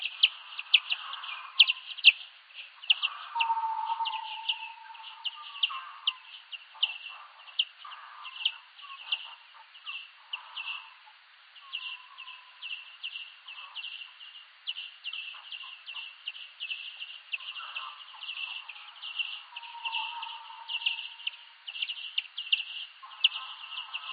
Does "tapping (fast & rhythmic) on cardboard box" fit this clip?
no